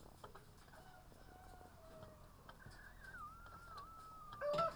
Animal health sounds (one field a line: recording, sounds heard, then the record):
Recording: poultry house recording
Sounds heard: sick chickens (respiratory disease)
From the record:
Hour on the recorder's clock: 9